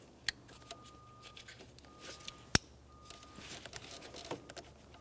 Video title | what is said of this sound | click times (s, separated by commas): How to Replace Throttle Body Assembly 2013-2020 Ford Fusion 2.0L I4 | press the two pieces together listen for a click from those make sure they're secured | 2.5 s